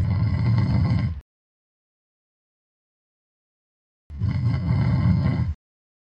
Human Sound Man Snoring.